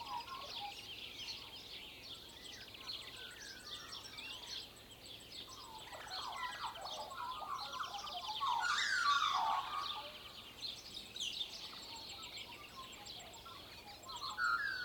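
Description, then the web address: Turkey gobbling with a loud rapid rattling burst midway, over a busy dawn chorus of twittering and warbling birds and steady high ticking. Dawn chorus on rural farmland at Hora Hora, Waikato, Aotearoa New Zealand; recorded on an MKH 8040 microphone. "Trent Williams Aotearoa New Zealand WAIKATO Dawn Chorus Birds Magpie Turkey Cow Rural Farmland Hora Hora MKH 8040"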